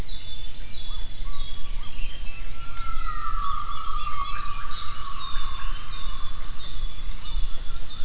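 Gibbon call: a long, clear, hooting whistled note that swells and then glides gently down, with fainter higher calls over a loud, low rumbling background.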